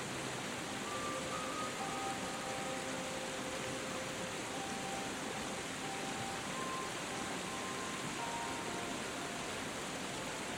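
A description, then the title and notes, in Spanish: A gentle waterfall pours in a steady, dense rush that fills everything from low rumble to bright hiss, never changing in level. Faint soft melody notes drift through in the middle range, a few sustained tones appearing and fading every second or two. Una CASCADA Apacible y una MÚSICA Suave. El murmullo apacible de una cascada se entrelaza con la dulzura de una melodía envolvente.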